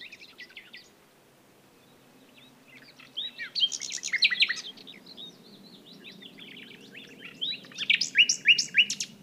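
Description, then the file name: Common nightingale song: a brief phrase, a pause, then rich bursts of rapid repeated notes and sharp whistles. "Luscinia megarhynchos"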